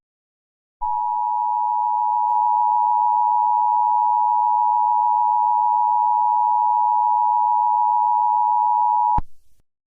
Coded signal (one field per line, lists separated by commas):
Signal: Emergency Alert System (SAME) tones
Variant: 853 and 960 Hz attention tone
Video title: THANK YOU FOR 100 SUBSCRIBERS!!!! (EAS Mini Video)